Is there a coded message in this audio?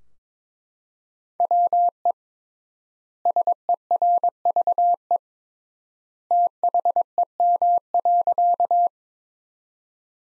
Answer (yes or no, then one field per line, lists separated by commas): yes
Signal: Morse code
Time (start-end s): 1.4-8.9 s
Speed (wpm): 22 wpm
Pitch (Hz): 700 Hz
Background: none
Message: WE SERVE THEM.